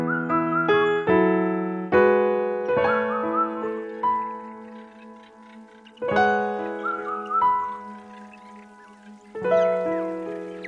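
A slow, gentle piano plays unhurried chords and single notes, each struck softly and left to ring out, with a fresh phrase every second or two. Brief, high bird-like chirps flicker above the piano near the start and again midway.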